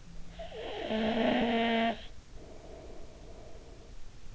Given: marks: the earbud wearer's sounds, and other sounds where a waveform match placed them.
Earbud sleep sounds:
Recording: sounds in sleep by an in-ear microphone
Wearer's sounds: snoring breath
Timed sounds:
0.00-4.26 s: snoring breath

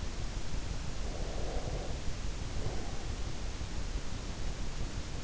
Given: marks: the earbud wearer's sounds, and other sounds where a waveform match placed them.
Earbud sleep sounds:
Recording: sounds in sleep by an in-ear microphone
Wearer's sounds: breath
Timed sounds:
0.92-3.38 s: breath

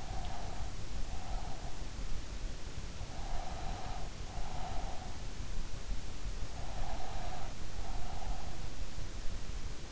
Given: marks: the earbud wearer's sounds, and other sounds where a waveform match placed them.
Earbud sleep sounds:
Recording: sounds in sleep by an in-ear microphone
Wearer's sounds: breath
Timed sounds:
0.00-1.87 s: breath
3.14-5.47 s: breath
6.67-9.00 s: breath

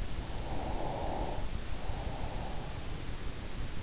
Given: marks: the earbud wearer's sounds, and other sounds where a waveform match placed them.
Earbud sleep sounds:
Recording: sounds in sleep by an in-ear microphone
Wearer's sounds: breath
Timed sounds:
0.19-3.34 s: breath

